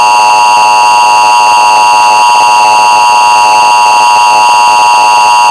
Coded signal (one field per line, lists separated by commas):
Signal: Emergency Alert System (SAME) tones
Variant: 853 and 960 Hz attention tone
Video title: EAS Scenario: Gacha Heat wave 1